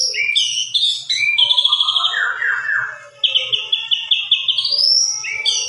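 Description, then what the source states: White-rumped shama song, rich and varied, mixing clear whistles, buzzy trills and rapid repeated notes in quick, shifting phrases with hardly a pause. Lure recording meant to draw a response from the bird; the bird is described as gacor, singing persistently.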